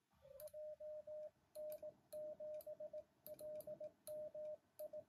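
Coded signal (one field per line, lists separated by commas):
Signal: Morse code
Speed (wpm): 18 wpm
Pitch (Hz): 610 Hz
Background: radio noise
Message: JN7LMI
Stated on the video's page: Morning amateur CW contact on 7 MHz by a beginner, sent with many keying errors and uncut.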